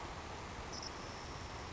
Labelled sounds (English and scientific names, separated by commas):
Savannah Sparrow (Passerculus sandwichensis)